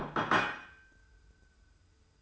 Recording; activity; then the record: daily activity, microphone in the room; place plate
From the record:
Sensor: 2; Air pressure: 990.7 hPa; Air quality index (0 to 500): 149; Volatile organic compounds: 387 ppm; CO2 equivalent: 4650 ppm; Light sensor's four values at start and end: 21/51/21/21 and 22/52/21/21